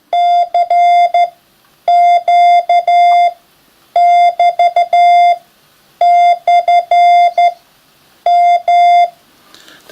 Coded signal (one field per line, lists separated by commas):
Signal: Morse code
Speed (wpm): 12 wpm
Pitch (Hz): 700 Hz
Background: none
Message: CQ<BT>/M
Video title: Must have ham radio apps